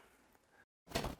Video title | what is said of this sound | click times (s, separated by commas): Installing RecPro Furniture - Rollin' On TV Show Segment 2019-24 | you press the backrest down you will hear it lock into place | 1.0 s